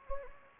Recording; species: mosquito wingbeat signal from an infrared sensor; Anopheles gambiae